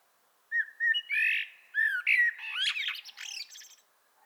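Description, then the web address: Common blackbird song phrase: low fluted whistles, then a fuller, buzzy warble that breaks into a high, squeaky twittering finish. "pub SETE data Turdus merula"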